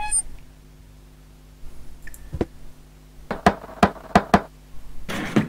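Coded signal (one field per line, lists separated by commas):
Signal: tap code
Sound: a few sharp wooden knocks in an irregular group, then a brief rustling burst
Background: game background hum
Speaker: wenn du rufus wärs wüsstest du dass geheime klopfzeichen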